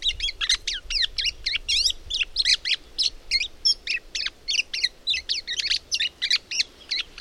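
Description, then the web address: Bird song: a continuous stream of quick, high twittering notes, closely spaced and varied in shape, carrying on steadily without a break. "madarak enek"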